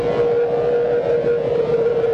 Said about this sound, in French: Puis le générique super kitsch avec les lignes horizontales et... Ouais, puis ce thème sonore aussi.